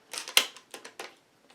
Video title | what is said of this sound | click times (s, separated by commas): G&G RK74-E First Look | So you get in a place where you like, lock that down, it's not going anywhere. | 0.4 s